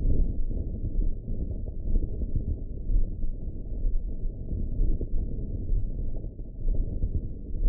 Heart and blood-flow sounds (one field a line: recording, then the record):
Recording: heart sounds by optical stethoscope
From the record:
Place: pulmonary valve (PV)